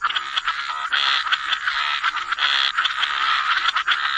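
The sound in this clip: Steady frog chorus, pulsing slightly in loudness throughout.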